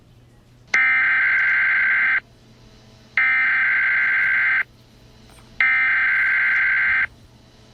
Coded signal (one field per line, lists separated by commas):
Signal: Emergency Alert System (SAME) tones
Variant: header bursts